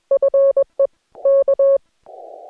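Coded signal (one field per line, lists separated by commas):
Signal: Morse code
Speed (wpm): 21 wpm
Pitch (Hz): 550 Hz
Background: none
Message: FE K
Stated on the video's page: Morse head-copy practice recorded during a Parks on the Air activation, with no talking or background noise.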